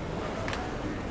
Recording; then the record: background sound without coughing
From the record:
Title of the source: Train Station Sounds Paris